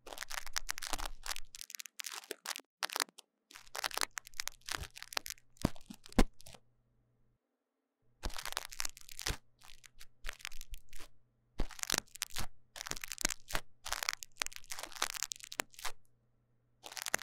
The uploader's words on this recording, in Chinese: 麥克風耳朵深度清潔。